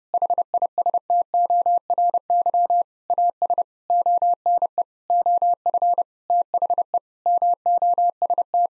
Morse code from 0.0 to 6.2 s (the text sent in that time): HISTORY AS ONE OF